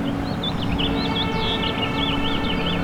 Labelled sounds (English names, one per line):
House Finch song